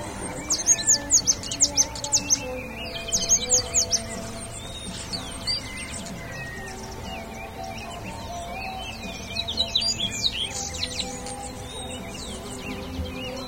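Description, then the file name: Birdsong of high, fast chirping bursts around the first and third seconds and again near ten seconds, over a low steady hum. "SABIOD 50 bird 2015"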